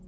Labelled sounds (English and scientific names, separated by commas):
Virginia's Warbler (Leiothlypis virginiae) flight call